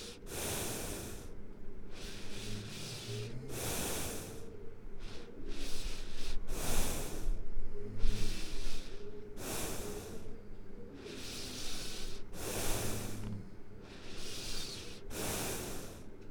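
Snoring from an adult sleeper, with loud, noisy breaths recurring about every three seconds over a low rumbling drone.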